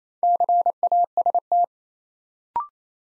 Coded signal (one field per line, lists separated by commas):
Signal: Morse code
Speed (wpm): 29 wpm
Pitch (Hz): 700 Hz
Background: none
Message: CAST